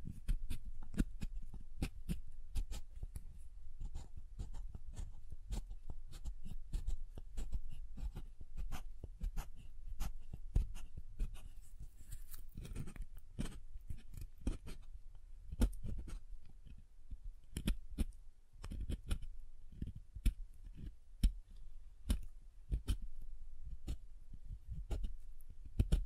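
Soap being tapped and carved, dense irregular clicks and scrapes throughout, each a sharp crisp tick over a soft low thud, fairly steady in pace.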